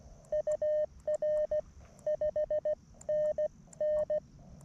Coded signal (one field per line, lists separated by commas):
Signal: Morse code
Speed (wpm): 14 wpm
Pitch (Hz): 590 Hz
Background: none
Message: UR 5NN